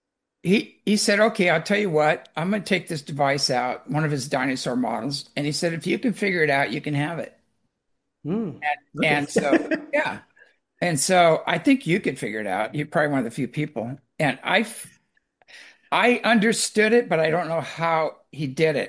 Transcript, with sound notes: he said, "Okay, I'll tell you what, I'm gonna take this device out," one of his dinosaur models, and he said, "If you can figure it out, you can have it."
Hmm.
And so...
(laughs)
Yeah. And so, I think you could figure it out, you're probably one of the few people. And I f-... I understood it, but I don't know how he did it,